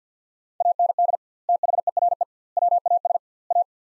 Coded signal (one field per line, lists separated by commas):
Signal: Morse code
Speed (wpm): 50 wpm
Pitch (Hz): 700 Hz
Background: none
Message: AND THERE WAS A